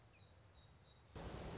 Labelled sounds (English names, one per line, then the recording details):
Song Sparrow
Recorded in Sonoma County, California